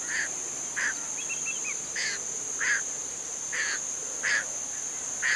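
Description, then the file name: Little blue heron giving a series of harsh, hoarse squawks, a steady shrill tone running throughout. "garzaazul"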